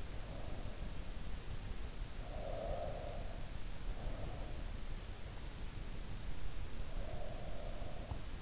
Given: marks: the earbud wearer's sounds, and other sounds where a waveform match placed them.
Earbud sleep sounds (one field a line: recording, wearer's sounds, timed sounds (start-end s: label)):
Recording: sounds in sleep by an in-ear microphone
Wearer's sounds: breath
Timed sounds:
2.29-4.52 s: breath
6.86-8.29 s: breath